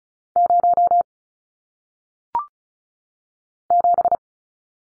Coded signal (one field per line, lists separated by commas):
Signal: Morse code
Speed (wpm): 36 wpm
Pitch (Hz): 700 Hz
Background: none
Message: 0 7